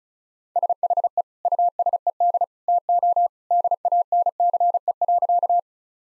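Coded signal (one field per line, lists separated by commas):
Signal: Morse code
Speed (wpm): 36 wpm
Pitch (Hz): 700 Hz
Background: none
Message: SHE USED TO DANCE.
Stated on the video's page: Morse practice drill at 35 wpm, sentences of common two-word phrases, each sent twice.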